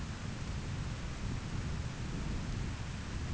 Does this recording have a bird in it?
no